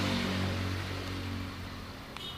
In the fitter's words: Kalau sudah bunyi klik, itu sudah terpasang dengan sempurna.